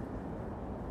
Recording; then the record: background sound without coughing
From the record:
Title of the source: Train Ride Ambience ambient white noise for sleeping, focus, studying, reading